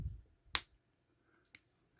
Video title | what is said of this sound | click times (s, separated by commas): Numéro 9 & 10 Iron Spider Man | ça fait un petit clic. | 0.5 s